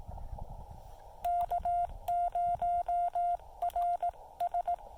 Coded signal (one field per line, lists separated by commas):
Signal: Morse code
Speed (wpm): 19 wpm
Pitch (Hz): 690 Hz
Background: none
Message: K0RS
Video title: SOTA activation of Mount Jefferson with the Yaesu FT-817, CHA MPAS Lite and 2.5 watts